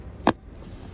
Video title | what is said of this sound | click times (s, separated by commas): How to install scion tc floor mats on a 2011-16 Scion tC | until you hear it pop in and you can't pull it out anymore. | 0.3 s